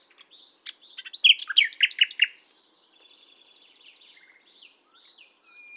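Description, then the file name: Common nightingale song: loud jumble of rich, rapid downslurred notes, then a long quieter stretch of thin, high, scattered song. "Luscinia megarhynchos"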